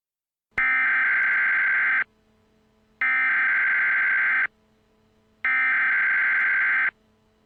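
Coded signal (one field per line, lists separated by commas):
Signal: Emergency Alert System (SAME) tones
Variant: header bursts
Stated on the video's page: Fictional EAS scenario whose valid EAS tones can activate special receivers; not to be played over live radio.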